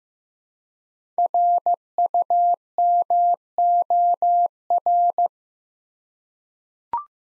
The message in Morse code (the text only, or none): RUMOR